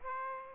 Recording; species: mosquito wingbeat signal from an infrared sensor; Aedes aegypti